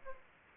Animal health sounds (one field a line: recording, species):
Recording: mosquito wingbeat signal from an infrared sensor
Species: Aedes aegypti